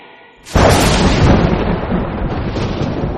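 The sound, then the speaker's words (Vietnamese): A sudden crack of thunder in a night storm with lightning bursts in after a quiet moment, then rolls into a loud, sustained rumble with a hiss like heavy rain underneath. No one speaks. “Trời chuyển, sấm chớp đùng đùng, nhang khói nghi ngút thâu đêm.”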